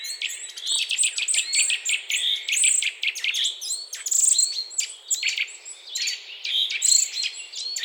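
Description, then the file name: Eurasian nuthatch calls, repeated short arched whistled notes amid a dense mix of sharp chirps and high ticking. "Sitta europaea"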